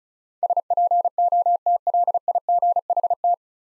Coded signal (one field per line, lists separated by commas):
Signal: Morse code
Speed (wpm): 34 wpm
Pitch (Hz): 700 Hz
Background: none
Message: SPOTLIGHT